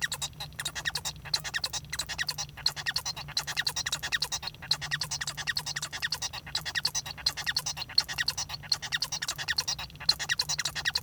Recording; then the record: song of a male Bengalese finch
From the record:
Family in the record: son of father 1